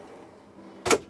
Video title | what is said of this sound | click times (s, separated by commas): INSTALLATION GUIDE: Garage Slide Out Deck for Storyteller Overland | and lock into place make sure that it's locked in here it's not going anywhere | 0.9 s